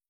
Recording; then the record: hydrophone in a shrimp aquaculture tank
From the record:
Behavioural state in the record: starved